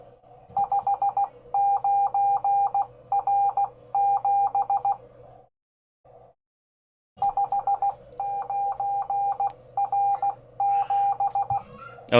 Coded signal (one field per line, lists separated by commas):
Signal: Morse code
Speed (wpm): 16 wpm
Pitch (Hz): 800 Hz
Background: speech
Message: 59R7 59R7